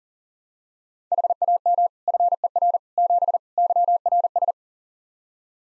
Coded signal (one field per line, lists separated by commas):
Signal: Morse code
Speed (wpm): 40 wpm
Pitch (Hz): 700 Hz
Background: none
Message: HAM FER 7 YRS